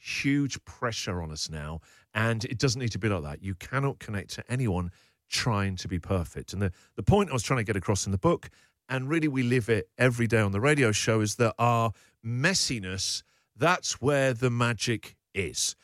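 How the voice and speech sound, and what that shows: Adult male radio host speaking with normal speech.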